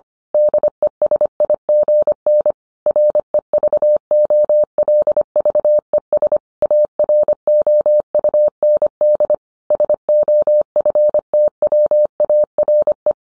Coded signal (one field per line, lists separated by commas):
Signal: Morse code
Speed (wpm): 25 wpm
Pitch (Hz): 600 Hz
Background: none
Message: DESIGN REVOLVES AROUND SOFTWARE